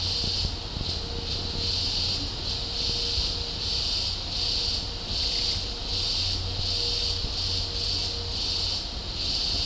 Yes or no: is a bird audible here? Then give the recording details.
no. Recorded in dense forest near Puerto Asís, Putumayo, Colombia, on 26 December 2024 at 12:00. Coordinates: 0.503, -76.323. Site G043